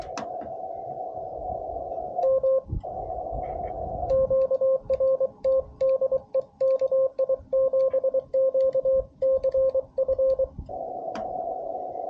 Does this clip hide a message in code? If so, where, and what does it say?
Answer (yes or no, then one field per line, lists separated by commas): yes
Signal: Morse code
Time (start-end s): 2.2-10.4 s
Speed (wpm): 23 wpm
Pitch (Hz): 530 Hz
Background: radio noise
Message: M QRT DE KI7QCF